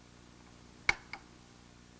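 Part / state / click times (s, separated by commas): torque wrench on transmission drain plug / torque reached / 0.9 s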